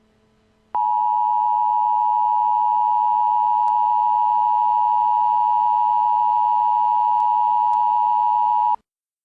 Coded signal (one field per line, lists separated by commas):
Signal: Emergency Alert System (SAME) tones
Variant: 853 and 960 Hz attention tone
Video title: Emergency Alert System: "Send in the Clowns"